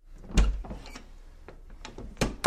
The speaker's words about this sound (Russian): И даже не удивилась, когда дверь за спиной с мягким щелчком закрылась, а после исчезла, словно ее здесь никогда и не было.